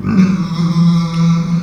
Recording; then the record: squeal of a Yucatan mini pig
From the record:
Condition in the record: after surgery on the right vocal fold (resection and tissue-engineered implant); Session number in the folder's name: 13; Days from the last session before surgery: 113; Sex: female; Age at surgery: 19 weeks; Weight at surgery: 25 kg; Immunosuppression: prednisolone